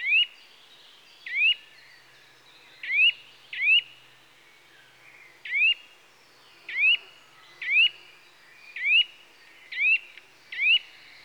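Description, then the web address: Eurasian nuthatch calls, loud rising whistled notes repeated irregularly about once a second, some in quick pairs, over faint background hiss. "BBC Sound Effects Library Birds Nuthatch (Sitta Europaea) Calls"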